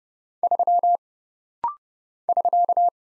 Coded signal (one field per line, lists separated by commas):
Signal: Morse code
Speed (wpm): 30 wpm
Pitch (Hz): 700 Hz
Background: none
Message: 3 <SK>